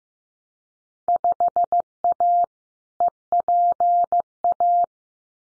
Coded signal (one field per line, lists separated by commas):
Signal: Morse code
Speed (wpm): 15 wpm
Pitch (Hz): 700 Hz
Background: none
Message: 5A EPA